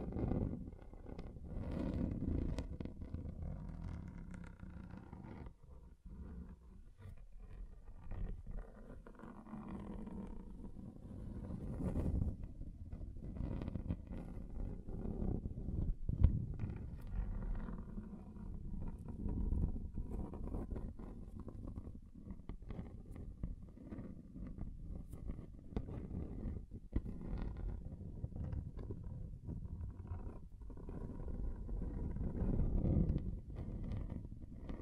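Scratching on a table runs continuously, low and grinding with rough, uneven strokes, swelling louder around 2, 12, and 33 seconds.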